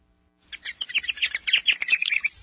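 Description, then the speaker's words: Purple martin song: a rapid run of chirps and gurgling, warbled notes, bright and tumbling, lasting about two seconds after a short silence. Small songbird that summers in the U.S. and Canada and winters in Brazil; said to sing sweetly. "This is the sound of the purple martin, a little songbird that summers in the U.S. and Canada and winters in Brazil."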